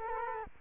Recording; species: mosquito wingbeat signal from an infrared sensor; Culex quinquefasciatus